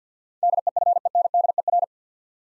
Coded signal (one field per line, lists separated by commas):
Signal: Morse code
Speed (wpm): 50 wpm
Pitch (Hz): 700 Hz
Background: none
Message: DEFENDER